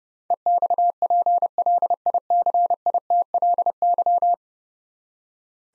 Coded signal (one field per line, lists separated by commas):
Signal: Morse code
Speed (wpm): 32 wpm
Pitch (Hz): 700 Hz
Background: none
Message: EXPLICITLY